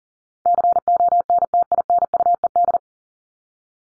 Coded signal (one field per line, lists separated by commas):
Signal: Morse code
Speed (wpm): 40 wpm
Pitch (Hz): 700 Hz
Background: none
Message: CONTINUED